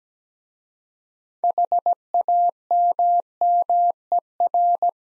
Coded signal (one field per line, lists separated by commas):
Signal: Morse code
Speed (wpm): 17 wpm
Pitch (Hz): 700 Hz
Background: none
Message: HAMMER